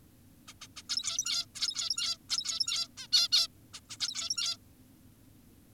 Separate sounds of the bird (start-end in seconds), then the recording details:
0.48-0.54, 0.62-0.68, 0.77-0.83, 0.90-1.46, 1.55-2.18, 2.30-2.88, 2.98-3.07, 3.13-3.29, 3.32-3.48, 3.74-3.80, 3.90-3.97, 4.00-4.57. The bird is an adult. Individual g17y2U